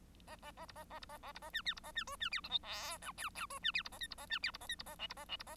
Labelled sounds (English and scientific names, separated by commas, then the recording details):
Bengalese Finch (Lonchura striata domestica) song
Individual Bird1